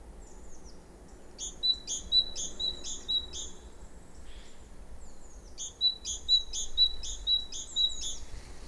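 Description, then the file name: Great tit song: two runs of ringing two-note phrases, about six each, repeated quickly with a pause between runs, over steady low background noise. "Parus major"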